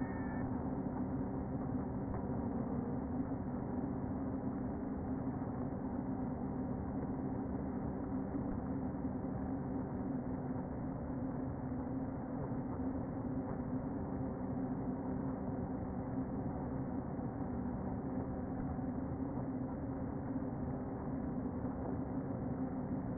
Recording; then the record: honeybee colony, microphone inside the hive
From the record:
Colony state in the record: queen present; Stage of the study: before two queens were removed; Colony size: about 60,000 bees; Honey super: yes